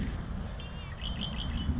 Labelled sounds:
Red-winged Blackbird (Agelaius phoeniceus)

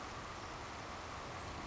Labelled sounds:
Savannah Sparrow (Passerculus sandwichensis)

